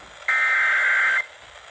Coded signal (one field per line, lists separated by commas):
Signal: Emergency Alert System (SAME) tones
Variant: header bursts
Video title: EAS Alerts From 5/3-5/4/2025: A Compilation (EAS 600-611)